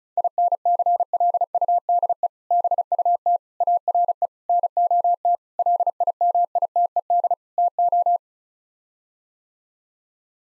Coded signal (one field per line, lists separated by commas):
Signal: Morse code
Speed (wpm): 34 wpm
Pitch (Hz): 700 Hz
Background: none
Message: INCLUDE BUT ARE NOT LIMITED TO